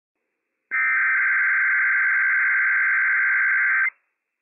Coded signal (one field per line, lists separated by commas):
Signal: Emergency Alert System (SAME) tones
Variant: header bursts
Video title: Inland Northwest RWT - WWF56 - EAS #163 - 1:39 PM PDT 8/24/21